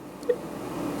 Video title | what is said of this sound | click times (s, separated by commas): iGULU F1 - 1st brew | by squeezing it You hear it clicking there. | 0.3 s